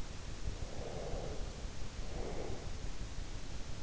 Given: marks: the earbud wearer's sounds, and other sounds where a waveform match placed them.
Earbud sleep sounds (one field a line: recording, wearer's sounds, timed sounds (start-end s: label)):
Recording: sounds in sleep by an in-ear microphone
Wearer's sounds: breath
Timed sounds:
0.46-3.08 s: breath